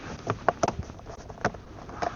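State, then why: Partly seated. A plastic steering column cover on a Jeep Wrangler is pressed and tapped back on over a new turn signal switch, making a few sharp plastic snaps and taps. The shroud clips click at about 0.5 s and 1.5 s, but some snap clips are broken and the rest will not fully engage. The cover only partly snaps in and is accepted as good enough.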